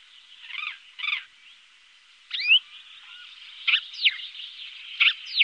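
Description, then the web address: Common starling song, fairly quiet, with scattered rattling notes and short slurred whistles over a steady high hiss. "Faglar Sound Stare"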